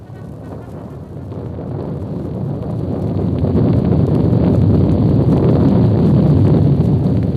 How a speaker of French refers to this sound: Quelques heures plus tard, en pleine nuit, au cœur d'un orage furieux, 3 chevaliers parcourant la montagne mettent pied à terre devant une hutte de charbonniers.